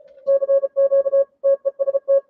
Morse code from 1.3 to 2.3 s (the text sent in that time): TEST